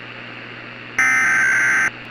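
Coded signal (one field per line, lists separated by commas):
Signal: Emergency Alert System (SAME) tones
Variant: header bursts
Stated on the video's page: Fictional EAS scenario containing valid EAS tones, made with Prism Live Studio.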